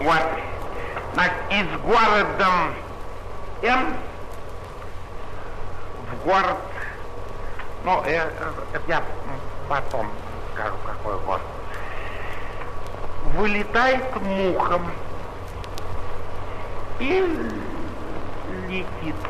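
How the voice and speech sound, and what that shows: An adult male actor speaks Russian as the eccentric Tartaglia, a commedia dell'arte mask, with a characteristic good-natured acted stutter. Sounds are drawn out and broken by long pauses.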